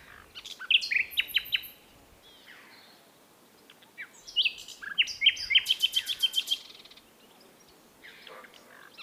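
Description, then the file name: Common nightingale song phrases with sharp whistles and clicks, a pause, then a fast buzzy rattle of repeated notes, followed by softer scratchy notes. "Luscinia megarhynchos"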